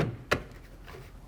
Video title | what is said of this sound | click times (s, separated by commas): JL Supertop by Bestop Installation | snap into place | 0.3 s